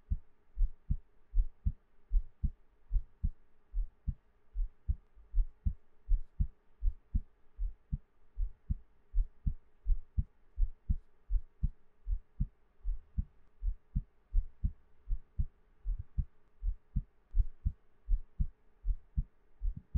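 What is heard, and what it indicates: Steady low thumps in paired lub-dub beats at about 78 beats a minute, with a faint steady hum underneath. An adult's own heartbeat heard close up as ASMR, with no talking.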